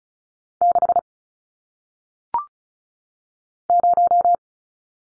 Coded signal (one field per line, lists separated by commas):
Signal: Morse code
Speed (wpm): 36 wpm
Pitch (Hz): 700 Hz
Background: none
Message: 6 0